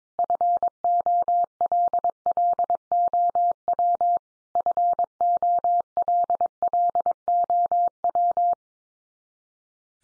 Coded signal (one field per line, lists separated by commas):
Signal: Morse code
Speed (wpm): 22 wpm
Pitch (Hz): 700 Hz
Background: none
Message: FOLLOW FOLLOW